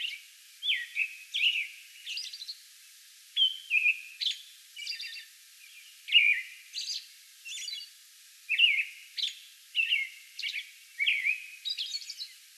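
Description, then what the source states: American robin singing repeated cheery whistled phrases, some drawn out and level, interspersed with high-pitched squeaks. A song bout recorded on May 11.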